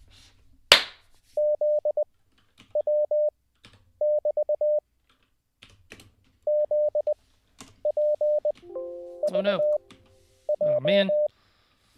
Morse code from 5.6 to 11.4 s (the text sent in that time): ZPVJ